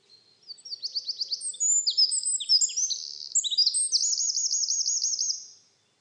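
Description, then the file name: Eurasian wren delivering a fast, energetic song: a series of sharp notes, jumbled high phrases, then a steady rippling trill before fading. "Troglodytes troglodytes"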